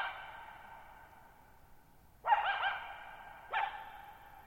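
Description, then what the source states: Coyote giving two sharp barks with harmonics, the second about a second after the first, each leaving a long echoing tail over a quiet background. Lone wild coyote calling at night, July 14, 2019, Thirtymile Meadows, Okanogan National Forest high country, Pacific Northwest, 1950 m, dry plateau meadow bowl with boggy ground, long natural reverberation.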